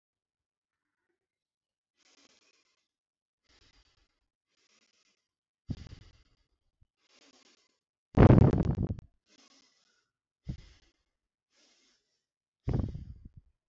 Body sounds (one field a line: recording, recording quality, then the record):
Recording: shallow breathing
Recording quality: excellent, no background noise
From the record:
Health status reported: healthy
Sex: female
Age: 29 years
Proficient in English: no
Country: India